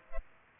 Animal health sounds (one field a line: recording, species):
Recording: mosquito wingbeat signal from an infrared sensor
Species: Culex pipiens